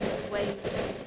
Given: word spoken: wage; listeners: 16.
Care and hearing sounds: one English word in noise, from a listening test; noise modulated by three-talker babble; -4.2 dB; 2 of 16; 7 of 16; 0.67 s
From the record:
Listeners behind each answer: 7, 3, 2, 2, 1, 1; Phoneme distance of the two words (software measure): 10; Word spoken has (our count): 1 syllable, 3 phonemes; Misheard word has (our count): 1 syllable, 3 phonemes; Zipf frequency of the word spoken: 4.17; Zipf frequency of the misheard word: 4.55

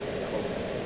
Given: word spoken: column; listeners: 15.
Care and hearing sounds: one English word in noise, from a listening test; speech-shaped noise; -6.5 dB; 1 of 15; 6 of 15; 0.46 s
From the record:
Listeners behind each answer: 6, 2, 1, 1, 1, 1, 1, 1, 1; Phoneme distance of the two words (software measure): 27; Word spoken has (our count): 2 syllables, 5 phonemes, stress on syllable 1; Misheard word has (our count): 1 syllable, 4 phonemes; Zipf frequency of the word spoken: 3.86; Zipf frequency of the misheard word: 5.11

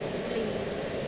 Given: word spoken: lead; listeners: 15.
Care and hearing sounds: one English word in noise, from a listening test; speech-shaped noise; -4.8 dB; 3 of 15; 8 of 15; 0.68 s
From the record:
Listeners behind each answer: 8, 3, 1, 1, 1, 1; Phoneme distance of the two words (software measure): 7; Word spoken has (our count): 1 syllable, 3 phonemes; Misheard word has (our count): 1 syllable, 4 phonemes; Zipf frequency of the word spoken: 5.18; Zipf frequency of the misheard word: 3.70

